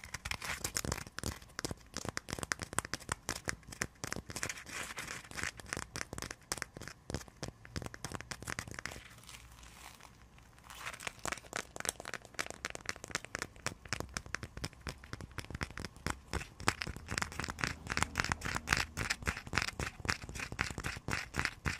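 Icy frozen triggers: a dense run of sharp crackling, crinkling snaps, fast and irregular, bright with some low thumps mixed in. Around the ten-second mark the sound thins to a brief near-quiet lull, then the busy crackling resumes and continues to the end.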